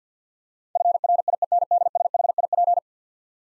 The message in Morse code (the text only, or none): FRIENDSHIP